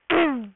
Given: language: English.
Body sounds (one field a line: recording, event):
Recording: throat vibration sensor signal played as sound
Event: throat clearing